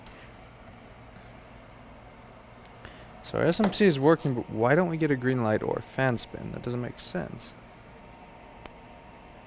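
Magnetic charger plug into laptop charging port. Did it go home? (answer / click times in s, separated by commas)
yes / 8.7 s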